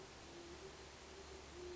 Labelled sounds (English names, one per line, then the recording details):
Great Horned Owl
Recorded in Sonoma County, California